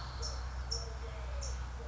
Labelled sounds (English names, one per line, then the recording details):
California Towhee
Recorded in Sonoma County, California